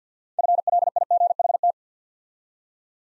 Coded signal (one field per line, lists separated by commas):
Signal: Morse code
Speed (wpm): 53 wpm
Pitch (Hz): 700 Hz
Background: none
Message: FLIGHT